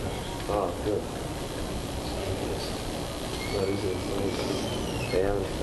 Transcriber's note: indistinct talk between devotees